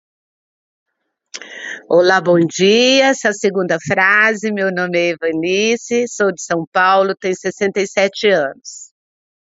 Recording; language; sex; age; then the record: short text; Brazilian Portuguese; female; 60 to 69 years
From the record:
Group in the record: control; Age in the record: 67 years